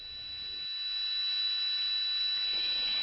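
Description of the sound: Steady high-pitched whine over a constant airy hiss, simulating one adult's tinnitus, a ringing in the ears, like an airplane cabin drone.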